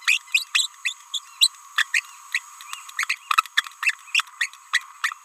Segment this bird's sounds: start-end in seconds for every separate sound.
0.07-0.19, 0.35-0.43, 0.55-0.67, 0.85-0.93, 1.14-1.19, 1.41-1.47, 1.78-1.87, 1.93-2.03, 2.34-2.42, 2.98-3.05, 3.09-3.15, 3.83-3.94, 4.14-4.23, 4.41-4.50, 4.74-4.85, 5.04-5.13